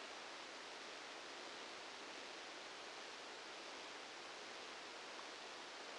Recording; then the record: brain microelectrode recording played as sound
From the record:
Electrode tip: outside the subthalamic nucleus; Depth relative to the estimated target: -10 mm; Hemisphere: right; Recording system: NeuroSet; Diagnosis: Parkinson's disease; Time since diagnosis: 10 years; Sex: male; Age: 56 years